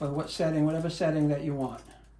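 The locking collar on the handle of a VANPO 1/4-inch drive click torque wrench is being handled after being pushed down so the handle can be turned to set the torque. Only someone talking is heard, with no distinct clicks. Nothing has seated or clicked into place yet.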